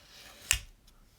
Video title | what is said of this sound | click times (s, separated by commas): Viper Hug Slipjoint Knife | yes we got a good solid thunk of an action | 0.5 s